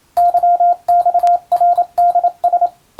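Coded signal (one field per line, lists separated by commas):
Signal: Morse code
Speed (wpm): 27 wpm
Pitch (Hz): 700 Hz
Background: radio noise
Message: YXRDS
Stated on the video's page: English Morse practice for the Japanese radio operator exam, sent by a first-class radiotelegraph operator.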